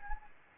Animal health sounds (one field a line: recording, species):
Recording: mosquito wingbeat signal from an infrared sensor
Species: Anopheles gambiae